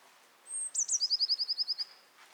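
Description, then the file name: Eurasian blue tit giving a high, thin held note followed by two dipping notes and a fast, steady trill of roughly ten repeated notes; faint background hiss. "Cyanistes caeruleus"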